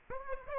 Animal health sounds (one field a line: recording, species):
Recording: mosquito wingbeat signal from an infrared sensor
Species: Aedes aegypti